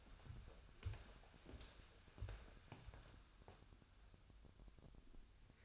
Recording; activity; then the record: daily activity, microphone in the room; walk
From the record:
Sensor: 2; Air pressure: 1015.2 hPa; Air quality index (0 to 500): 110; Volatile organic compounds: 3 ppm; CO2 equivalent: 1402 ppm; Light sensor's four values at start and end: 14/38/15/17 and 15/40/16/18